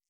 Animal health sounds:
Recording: hydrophone in a shrimp aquaculture tank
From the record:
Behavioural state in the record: stressed

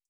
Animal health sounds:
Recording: hydrophone in a shrimp aquaculture tank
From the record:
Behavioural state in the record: starved

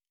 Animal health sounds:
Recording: hydrophone in a shrimp aquaculture tank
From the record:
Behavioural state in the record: normal

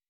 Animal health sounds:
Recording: hydrophone in a shrimp aquaculture tank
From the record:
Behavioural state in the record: weakened

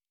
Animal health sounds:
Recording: hydrophone in a shrimp aquaculture tank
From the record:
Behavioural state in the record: normal

